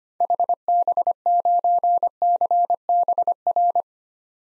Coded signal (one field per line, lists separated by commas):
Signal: Morse code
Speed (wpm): 25 wpm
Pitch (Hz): 700 Hz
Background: none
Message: HB9CBR